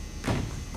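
The plastic end piece on the short rail of a pet cot is slid along and pushed down toward the long metal rail. A soft, broad rubbing swell rises around 0.25 to 0.45 seconds over a low, steady background. Nothing has seated or clicked yet.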